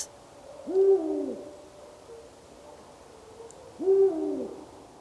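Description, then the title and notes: Eurasian Eagle-Owl giving two deep booming hoots, about three seconds apart. Recorded in France. "The Eurasian Eagle-Owl recording used in this program was made in France by Dominique Guillerme"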